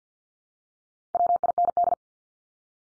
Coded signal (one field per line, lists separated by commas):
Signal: Morse code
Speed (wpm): 50 wpm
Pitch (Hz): 700 Hz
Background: none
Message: WIND